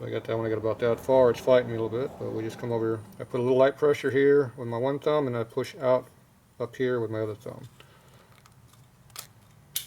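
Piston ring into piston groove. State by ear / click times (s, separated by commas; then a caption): seated / 9.8 s. A metal piston ring is worked into its groove on the piston during a 2001 Indian Scout 88ci big-bore S&S Evo motor rebuild, using light thumb pressure on one side while the other thumb pushes up. Someone talks for most of the clip, then faint ticks follow as the ring is worked around. A sharp pop at 9.8 s marks the ring seating in its groove.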